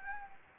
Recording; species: mosquito wingbeat signal from an infrared sensor; Anopheles gambiae